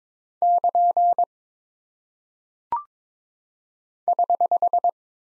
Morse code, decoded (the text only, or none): <KN> <HH>